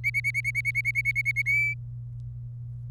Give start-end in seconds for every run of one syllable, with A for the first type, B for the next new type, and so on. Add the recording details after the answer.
0.04-1.42 A, 1.46-1.74 B. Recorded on 27 April 2018 at 14:39. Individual llb3